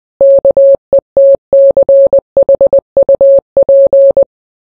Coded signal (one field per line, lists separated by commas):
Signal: Morse code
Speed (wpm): 20 wpm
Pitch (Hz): 550 Hz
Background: none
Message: KETCHUP